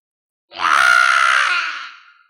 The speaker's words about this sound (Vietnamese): Xà dạ xoa gào thét, trong lòng đầy không cam, liều mạng chém giết.